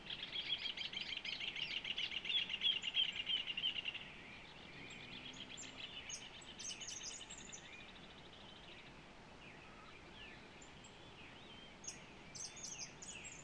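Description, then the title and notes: Rufous Hornero duet: a loud, rapid chattering trill in the first few seconds, followed by quieter scattered calls, with other small birds chirping high. Duetting at dawn in a domestic yard, Rincón de Paiva, Centurión, Cerro Largo, Uruguay, 1 October 2023, recorded with a ZOOM H4n Pro. "Amanecer en el Rincón de Paiva (Centurión, Cerro Largo). Horneros en dueto, 02: 25""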